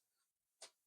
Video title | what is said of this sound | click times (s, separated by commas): Μάζεμα και αναβάθμιση στο μηχανάκι: Φίλτρο, μπουζί και νέα εξαρτήματα.#cfmoto700mτ | Έτσι λοιπόν κούμπωσε. | 0.6 s